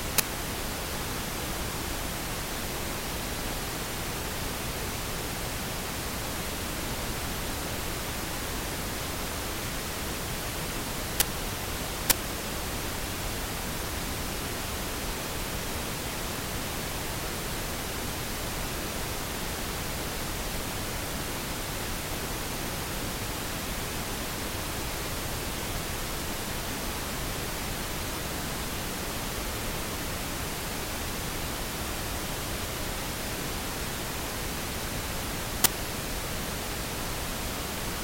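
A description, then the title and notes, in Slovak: Steady pink noise fills the whole range evenly for the full length, a dense, unchanging hiss with a soft rumbling underside. Its level holds flat throughout, broken only by a few tiny clicks near 11, 12 and 36 seconds. Ružový šum so všetkými vysokými bity. Je to rovnaký zvuk, ako keď operátor káblovej televízie došlo k strate signálu.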